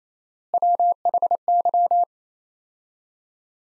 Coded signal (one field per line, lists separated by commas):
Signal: Morse code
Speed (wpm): 27 wpm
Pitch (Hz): 700 Hz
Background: none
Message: WHY